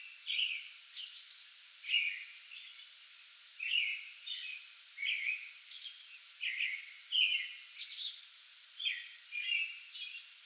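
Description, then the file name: American robin singing rich whistled phrases in a steady series, each slightly different, with a soft hiss behind. Pre-dawn song bout recorded 8 May 2022. "2022-05-08 American Robin pre-dawn song bout"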